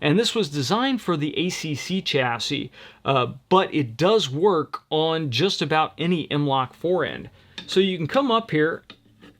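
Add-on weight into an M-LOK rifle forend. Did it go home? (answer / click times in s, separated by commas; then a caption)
no / none. A metal weight from a Driven Technologies weight kit, designed for the ACC chassis but usable on most M-LOK forends, is being handled for pressing into the M-LOK slots of a Badrock Rifles "South Fork" production-class precision rifle's forend. Someone talks throughout over a quiet background with faint light handling sounds. Nothing has seated or clicked into the slot yet.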